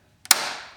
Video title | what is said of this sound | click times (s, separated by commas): 2005 Ford Taurus pcv valve replacement | it's in ditto on this side we're gonna cruise back over here and you'll hear it snap now | 0.3 s